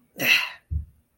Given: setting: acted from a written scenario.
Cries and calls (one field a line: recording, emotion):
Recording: vocal sound without words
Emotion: contempt